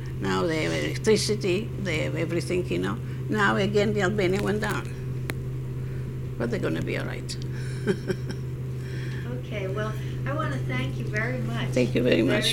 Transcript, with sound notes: Now they have electricity, they have everything, you know. Now again the Albania went down. But they going to be all right. (she laughs)
Okay, well, I want to thank you very much.
Thank you very much, too.